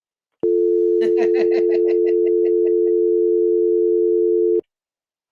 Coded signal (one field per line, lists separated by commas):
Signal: telephone call progress tone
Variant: North America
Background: speech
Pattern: dial tone